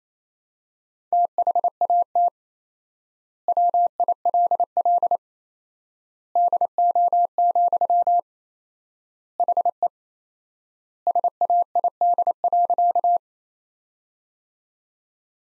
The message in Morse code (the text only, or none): THAT WILL DO, HE SAID.